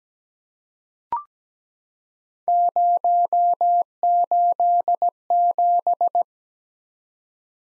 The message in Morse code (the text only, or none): 087